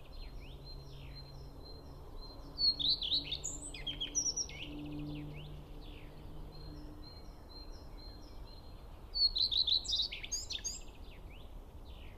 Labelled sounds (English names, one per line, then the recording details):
Common Redstart song
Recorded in the wild
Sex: male
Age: adult
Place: Schönow, Naturpark Barnim, Brandenburg, DE
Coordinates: 52.6842, 13.5008
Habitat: decidous forest
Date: 2013-05-01
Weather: sunny, windless, 10°C
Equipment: Sound Devices 702, Sennheiser MKH 70, Rycote Windschutz
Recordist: Frommolt, Karl-Heinz
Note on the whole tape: Naturschutzgebiet Schönower Heide: Gesang eines Gartenrotschwanzes. Tier singt in lockerem Laubwaldbestand (Eichen, Birken). Entfernung 20 m